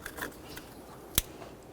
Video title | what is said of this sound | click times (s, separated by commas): How to Replace AC Condenser & Receiver Drier Assembly 2006-2012 Ford Fusion (3.0L V6) | Press it in, listen for a click. | 1.2 s